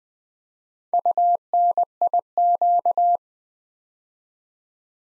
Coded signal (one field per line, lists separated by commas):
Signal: Morse code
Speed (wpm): 20 wpm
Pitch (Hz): 700 Hz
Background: none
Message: UNIQ